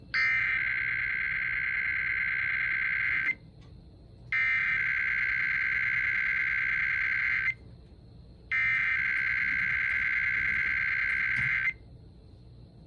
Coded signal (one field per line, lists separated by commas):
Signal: Emergency Alert System (SAME) tones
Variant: header bursts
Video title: East Coast IPAWS Weekly Test on K-LOVE 106.9 FM || EAS 469